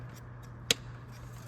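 A plastic wiring clip is pressed onto an engine bay bracket after the sensor is installed, during a front catalytic converter replacement on a 2011 Honda Accord Crosstour 3.5L V6 for code P0430. Over a steady low hum, a single sharp click at 0.7 s marks the clip seating in place.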